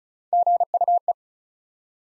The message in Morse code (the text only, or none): GUE